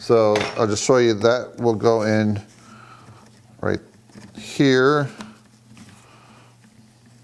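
A Milwaukee four-cutter solid carbide SDS-plus drill bit is handled and brought up to a rotary hammer chuck while someone talks, with light metallic handling sounds in between and a sharp sound right at the end, around 7.3 s. Nothing has seated or clicked yet; the bit is not home in the chuck.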